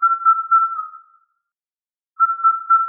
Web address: Indian cuckoo